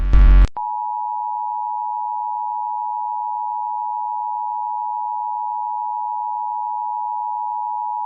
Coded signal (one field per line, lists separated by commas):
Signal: Emergency Alert System (SAME) tones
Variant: 853 and 960 Hz attention tone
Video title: EAS Scenario #7: Reactor Arkansas 1 Error